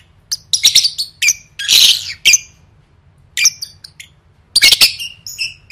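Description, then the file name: Lovebird squawks and squeaks: scattered harsh bursts and thin squeals, separated by a quiet pause midway. "tieng vet mau don"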